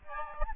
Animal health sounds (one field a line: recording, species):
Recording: mosquito wingbeat signal from an infrared sensor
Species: Aedes albopictus